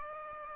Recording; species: mosquito wingbeat signal from an infrared sensor; Aedes aegypti